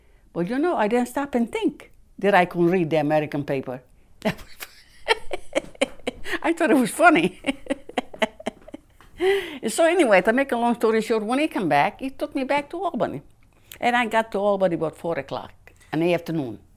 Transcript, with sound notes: But, you know, I didn't stop and think that I couldn't read the American paper. ( she laughs ) I thought it was funny. ( she laughs ) So, anyway, to make a long story short, when he come back, he took me back to Albany, and I got to Albany about four o'clock in the afternoon.